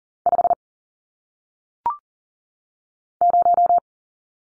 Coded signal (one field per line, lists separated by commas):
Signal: Morse code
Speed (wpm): 40 wpm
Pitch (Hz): 700 Hz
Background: none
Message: 5 0